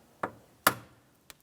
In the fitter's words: make sure you listen for a click the rod has to be locked in there it's